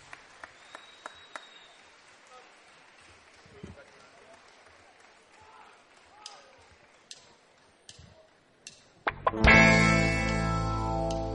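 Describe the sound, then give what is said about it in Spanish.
Scattered, uneven handclaps from an audience pop up over murmuring voices, then a sudden loud, dense burst of sound swells in near the end and holds. “fuerte el aplauso.”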